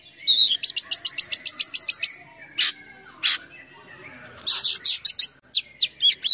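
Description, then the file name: Oriental magpie-robin song opening with a quick regular trill of about a dozen notes, then isolated harsh bursts and a closing string of sharp high chips. Kacer in full 'gacor' song with 'full isian mewah' imitations. "KACER GACOR FULL ISIAN MEWAH"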